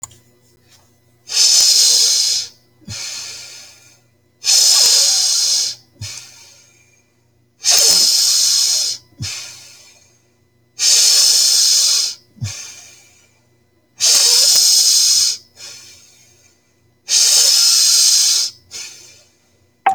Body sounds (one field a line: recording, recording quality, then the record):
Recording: deep breathing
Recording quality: excellent, no background noise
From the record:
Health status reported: healthy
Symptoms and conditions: cold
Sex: male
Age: 45 years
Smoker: not ticked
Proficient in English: yes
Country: United States